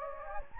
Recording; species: mosquito wingbeat signal from an infrared sensor; Anopheles gambiae